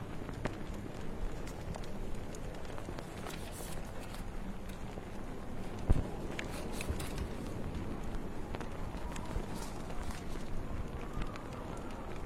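Steady low wind rumble with scattered small crackles of burning firewood throughout, and one sharper pop at around six seconds.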